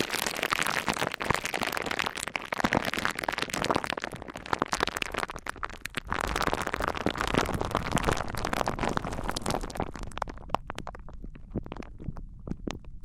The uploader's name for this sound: Wood vs Cork, Sponge vs Foam, Glass vs Plastic